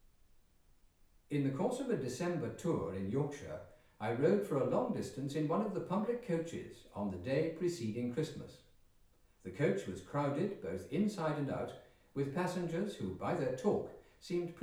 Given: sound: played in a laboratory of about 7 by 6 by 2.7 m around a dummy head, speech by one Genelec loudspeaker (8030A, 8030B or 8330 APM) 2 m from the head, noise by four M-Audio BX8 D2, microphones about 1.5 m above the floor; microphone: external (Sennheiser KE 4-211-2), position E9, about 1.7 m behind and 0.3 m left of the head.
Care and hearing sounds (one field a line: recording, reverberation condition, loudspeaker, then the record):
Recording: male speech in English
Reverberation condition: medium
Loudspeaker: 90 degrees to the right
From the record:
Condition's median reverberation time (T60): about 510 ms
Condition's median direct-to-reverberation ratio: about -0.5 dB